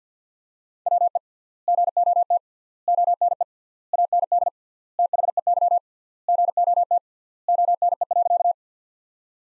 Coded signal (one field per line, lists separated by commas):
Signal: Morse code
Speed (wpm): 50 wpm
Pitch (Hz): 700 Hz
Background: none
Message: WE GOT ONE AND THEY GOT ONE.